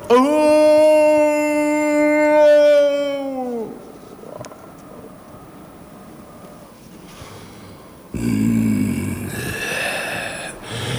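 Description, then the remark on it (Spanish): An animal lets out a long, loud, steady howl for several seconds before it drops off and fades, followed by a quiet pause and then a rougher, harsher cry. “aguardaron a que les dirigiera su más inteligente aullido.”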